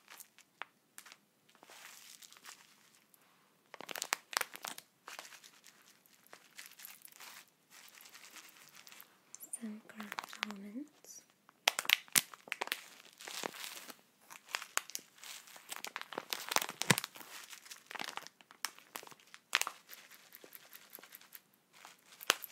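Crinkling in dense, irregular bursts of sharp, bright crackles, with a brief low voice sound around ten seconds and short pauses between.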